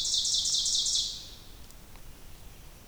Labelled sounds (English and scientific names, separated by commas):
Ovenbird (Seiurus aurocapilla) song